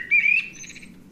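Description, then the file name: Eurasian blackbird sound: one rising whistled note followed by a brief rapid twittering trail, against quiet low hum. "Turdus merula"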